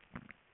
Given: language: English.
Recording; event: throat vibration sensor signal played as sound; swallow